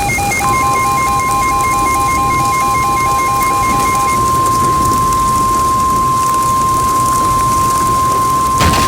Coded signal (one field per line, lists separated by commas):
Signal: Emergency Alert System (SAME) tones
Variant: 1050 Hz attention tone